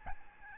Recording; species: mosquito wingbeat signal from an infrared sensor; Aedes albopictus